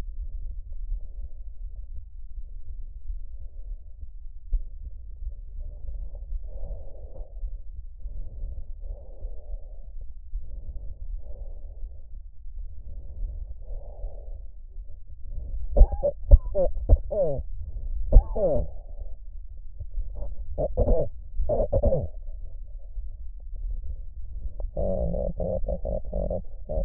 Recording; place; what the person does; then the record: lung sounds by stethoscope; trachea; quiet breathing, then cough and speech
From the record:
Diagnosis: COPD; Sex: female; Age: 72 years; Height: 156 cm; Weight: 72 kg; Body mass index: 29.6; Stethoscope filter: extended mode